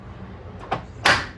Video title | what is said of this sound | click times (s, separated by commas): Portable Island for Kitchen with Power Strip and Drop Leaf | There we go. It locks into place. | 1.1 s